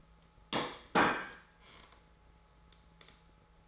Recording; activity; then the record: daily activity, microphone in the room; place plate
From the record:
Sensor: 3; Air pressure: 1015.0 hPa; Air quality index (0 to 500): 207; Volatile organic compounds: 33 ppm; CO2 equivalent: 3026 ppm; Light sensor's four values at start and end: 25/62/26/28 and 24/59/25/27